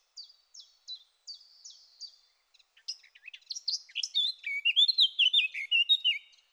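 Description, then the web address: Eurasian blackcap song: a series of short high chipping notes, then a louder, fluty, warbling flourish. "SETE data Sylvia atricapilla"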